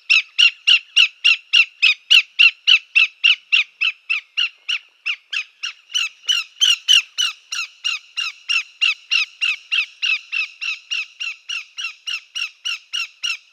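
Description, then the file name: Greater yellowlegs calling in a long, steady series of sharp, ringing notes, about three or four each second, with no other sounds. "Greater Yellowlegs - Tringa melanoleuca"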